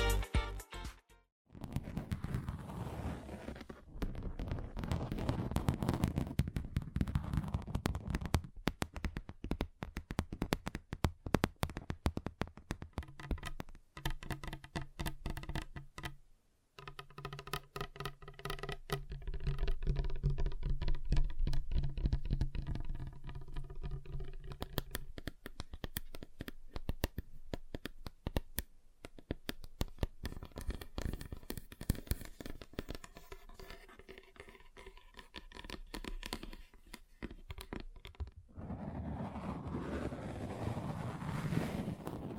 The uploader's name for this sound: Table Tapping Different Surfaces